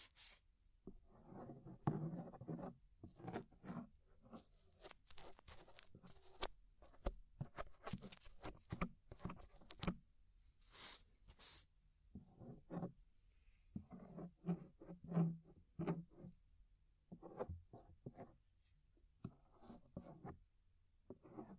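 Inner and outer ear scraping: short, dry rasping strokes come in quick irregular bursts throughout, each a bright scratchy swipe. A low muffled rubbing underlies many strokes, with brief pauses around 12 and 17 seconds before the scraping resumes.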